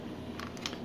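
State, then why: Seated. The modified front truck of a Marx Custom 490 toy locomotive is pushed back into its plastic frame mounts. Small clicks come at 0.4 s and 0.6 s, then a sharp snap at 0.7 s as the truck seats in place.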